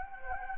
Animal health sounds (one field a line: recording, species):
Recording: mosquito wingbeat signal from an infrared sensor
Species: Anopheles gambiae